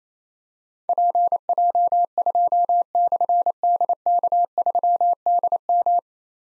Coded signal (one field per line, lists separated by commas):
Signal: Morse code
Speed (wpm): 28 wpm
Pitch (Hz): 700 Hz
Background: none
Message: PJ2/DK3DM